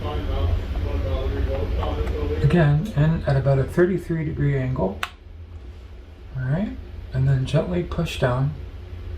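A Crucial DDR5 SO-DIMM memory module is inserted at about a 33-degree angle into the memory slot of a 2022 ASUS TUF F15 laptop and then gently pushed down toward the metal side clips, while someone talks over a steady low hum. Nothing has seated or clicked yet.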